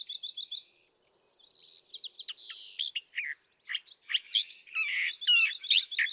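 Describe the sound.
California thrasher song, an opening quick trill and whistled notes, then irregular chips and slurred phrases.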